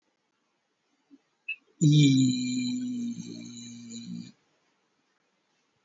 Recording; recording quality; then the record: sustained vowel as in beet; excellent, no background noise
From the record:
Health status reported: COVID-19 positive, mild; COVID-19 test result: positive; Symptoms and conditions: pneumonia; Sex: male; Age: 60 years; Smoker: not ticked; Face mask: worn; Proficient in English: yes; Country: India